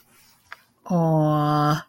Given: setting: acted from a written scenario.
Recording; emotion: vocal sound without words; positive surprise